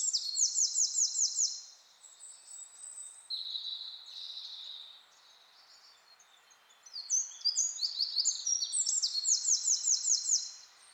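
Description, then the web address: Eurasian wren gives two bursts of fast, shrill trilling song, with quieter high warbles between them and a rapid rattle at the end. "SETE data Troglodytes troglodytes"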